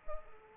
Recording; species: mosquito wingbeat signal from an infrared sensor; Culex pipiens